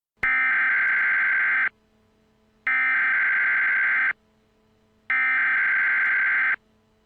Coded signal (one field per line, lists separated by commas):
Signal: Emergency Alert System (SAME) tones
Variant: header bursts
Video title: EAS Scenario - Lord Stanley Bitterness: Singing The Blues